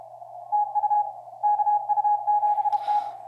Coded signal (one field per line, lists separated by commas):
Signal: Morse code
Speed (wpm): 32 wpm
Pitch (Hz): 830 Hz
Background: none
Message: TU KU7T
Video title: LOW COST CW FILTER OPTION FOR OLDER RADIOs